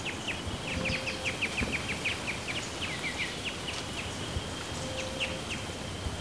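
Bird chirps, a loose series of short high notes in the first half, then sparser calls, against broad background noise and a thin steady tone.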